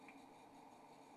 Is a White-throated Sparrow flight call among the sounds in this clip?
no